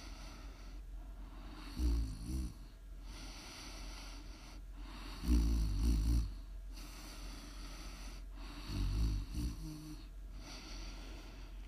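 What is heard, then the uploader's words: Deep, rumbling snores come in three slow bursts, near 2, 5.5 and 9 seconds, each a rough low rattle with a couple of pulses. Between them a soft airy hiss of breath fills the gaps. The sound is close and steady in rhythm. ASMR snoring.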